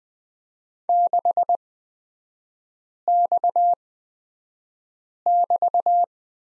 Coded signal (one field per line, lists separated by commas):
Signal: Morse code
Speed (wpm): 20 wpm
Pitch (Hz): 700 Hz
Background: none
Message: 6X<BT>